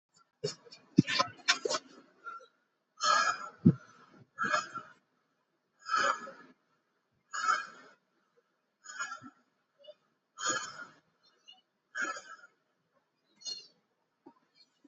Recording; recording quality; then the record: deep breathing; excellent, no background noise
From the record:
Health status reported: healthy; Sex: male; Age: 52 years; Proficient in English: no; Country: India